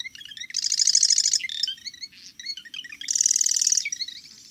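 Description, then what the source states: Marsh Wren song, two loud buzzy chattering bursts mixed with quick high twittering notes and short slurred whistles. Male may sing straight through the night; huge repertoire, 57 song variations recorded; recurring chugging phrase like a sewing machine or toy machine gun; likened to air bubbles through mud or a rusty hinge.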